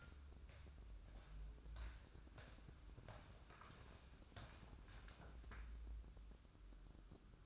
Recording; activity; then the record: daily activity, microphone in the room; walk to room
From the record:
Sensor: 2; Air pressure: 1008.0 hPa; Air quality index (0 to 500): 115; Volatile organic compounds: 1 ppm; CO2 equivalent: 856 ppm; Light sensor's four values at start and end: 8/19/8/8 and 8/18/8/8